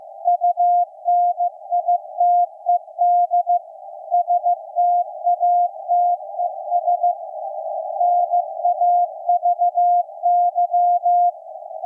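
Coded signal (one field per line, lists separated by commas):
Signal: Morse code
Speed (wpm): 15 wpm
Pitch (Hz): 700 Hz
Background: none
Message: UNITED STATES NAVY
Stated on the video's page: Maritime coast station KPH reactivated for Night of Nights, CW on shortwave received with an SDRplay RSP1A.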